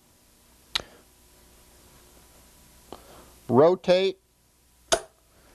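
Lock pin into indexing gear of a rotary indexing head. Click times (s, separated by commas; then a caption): 4.9 s. A spring-loaded metal lock pin on a rotary indexing head is released, the head is rotated, and the pin drops into the next notch of the 24-tooth indexing gear. Someone talks briefly, with faint ticks at 0.8 s and 2.9 s, and the pin snaps into place with a sharp tick at 4.9 s, locking automatically and fully seated.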